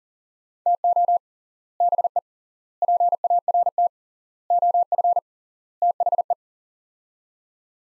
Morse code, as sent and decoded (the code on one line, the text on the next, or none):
- --- / -... . / .--. .- .-. - / --- ..-. / - .... .
TO BE PART OF THE